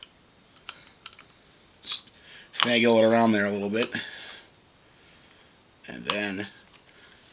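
A one-piece Hogue Monogrip rubber grip with a metal stirrup is lined up with the pins and the big groove and worked around on a revolver's grip frame. Light handling taps come around 0.7 and 1.1 s while someone talks. Nothing has seated or clicked yet; the stirrup has not popped into place by the end of the clip.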